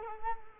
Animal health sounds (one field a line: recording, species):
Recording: mosquito wingbeat signal from an infrared sensor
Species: Culex quinquefasciatus